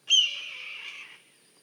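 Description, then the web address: Red-tailed hawk's raspy scream, a single drawn-out harsh cry that starts loud and gradually fades away after about one second. "sound red-tailed-hawk. صدای-عقاب-دم-قرمز"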